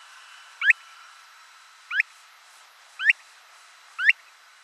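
Mountain plover calling with short, sharply rising whistled notes, four of them roughly once a second, over faint steady background hiss.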